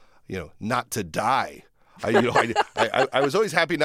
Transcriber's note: laughter